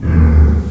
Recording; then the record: squeal of a Yucatan mini pig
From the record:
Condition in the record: after surgery on the right vocal fold (resection and tissue-engineered implant); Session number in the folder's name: 16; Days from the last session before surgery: 183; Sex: female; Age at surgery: 19 weeks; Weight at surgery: 25 kg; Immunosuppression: prednisolone